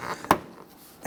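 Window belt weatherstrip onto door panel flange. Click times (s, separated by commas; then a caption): 0.3 s. A rear window belt weatherstrip (sweep) on a 2007–2021 Toyota Tundra door is pulled down along the door and pressed onto the door panel flange. It gives a sharp snap at 0.3 s, with faint smaller ticks around it, as it seats in place.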